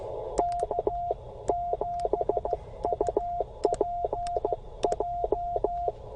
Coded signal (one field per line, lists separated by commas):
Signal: Morse code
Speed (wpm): 15 wpm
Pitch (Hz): 700 Hz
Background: radio noise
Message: K7UPJ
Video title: CW Key Failure during POTA!!! Thank goodness for spares